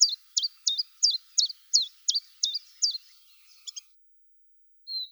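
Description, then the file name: Common chiffchaff singing a brisk series of about nine high, sharp notes, evenly repeated, trailing off into a few faint notes and a brief thin whistle. "penochka tenkovka golos"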